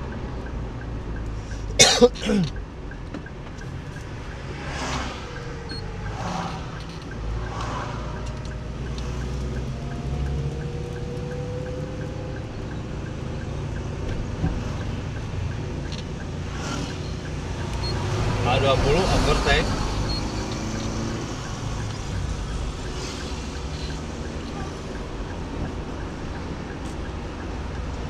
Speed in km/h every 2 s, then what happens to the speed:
34, 33, 32, 32, 31, 31, 31, 31, 31, 33, 35, 37, 38, 39.
0-16 steady at about 31. 16-28 speeds up to 39.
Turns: none.